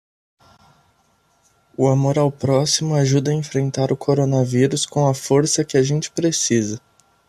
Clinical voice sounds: spoken sentence; Brazilian Portuguese; male; 20 to 29 years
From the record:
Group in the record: control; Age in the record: 20 years

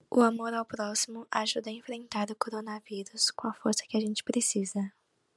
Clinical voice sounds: spoken sentence; Brazilian Portuguese; female; 20 to 29 years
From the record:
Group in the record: control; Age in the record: 20 years

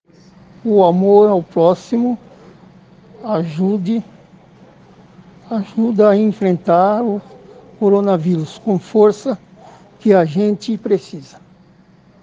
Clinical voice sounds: spoken sentence; Brazilian Portuguese; male; 60 to 69 years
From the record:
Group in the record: respiratory insufficiency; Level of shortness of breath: 5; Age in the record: 62 years

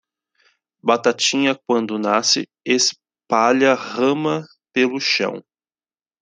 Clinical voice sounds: short text; Brazilian Portuguese; male; 40 to 49 years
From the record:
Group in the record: control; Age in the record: 43 years

